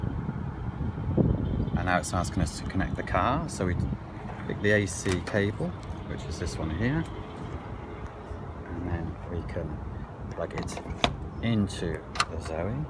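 Someone talks while picking up a tethered AC charging cable and bringing its plug to the charging inlet of a Zoe electric car, with a steady vehicle-like background hum and a brief sharp sound at about 1.2 s. The plug has not yet seated or clicked into the inlet.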